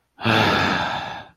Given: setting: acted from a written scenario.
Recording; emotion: vocal sound without words; anger